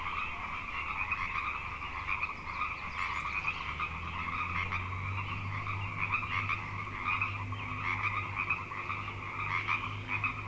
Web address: The Frog Chorus Tunes Up On Grafton Lake